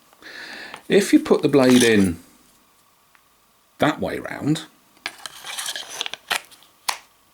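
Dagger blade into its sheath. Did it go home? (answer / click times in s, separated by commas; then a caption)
yes / 6.9 s. A metal blade of an Anglo Arms Vertigo dagger is pushed into its sheath the correct way round while someone talks. Scraping and light metallic ticks are heard during the insertion, then a sharp metallic click at 6.9 s as the blade clicks into place and stays seated.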